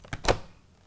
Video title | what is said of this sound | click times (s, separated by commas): Airoh Aviator 2.3 Cross Helmet Review - ChampionHelmets.com | that it's so easy oh look at that it just snaps into place as well because | 0.1 s, 0.3 s